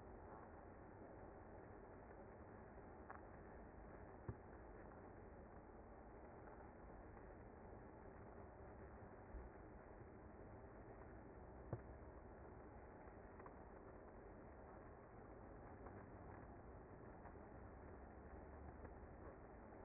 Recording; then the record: honeybee colony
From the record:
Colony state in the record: active